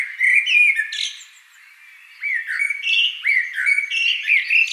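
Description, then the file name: Common blackbird warbling phrase, then a short pause and a second run of rich whistled notes mixed with thin high chatter. "Turdus merula"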